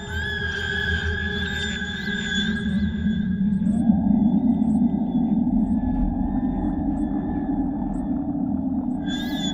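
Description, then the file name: Whale song: long, steady droning tones layered with a low rumble, and a smooth rising sweep about four seconds in that then holds level. "Digitnoise - Whales"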